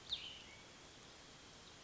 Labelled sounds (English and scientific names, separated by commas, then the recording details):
Cassin's Vireo (Vireo cassinii)
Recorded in Sonoma County, California